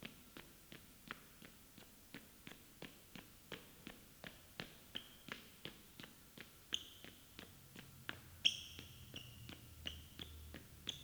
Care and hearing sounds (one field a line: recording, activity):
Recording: daily activity, guitar pickup as the sensor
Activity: run